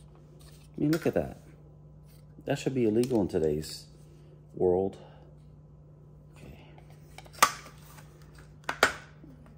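A plastic toy train track section is pushed into an adjoining track section while someone talks. Sharp plastic knocks ring out around 7.4 s, and a click lands at 8.8 s. The piece clicks but the joint does not go fully home.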